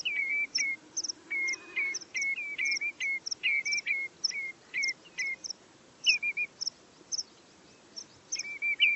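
Bird calling in quick repeated phrases, each a hooked, down-slurred whistle near mid pitch with a thin high tick above, with brief pauses between bursts.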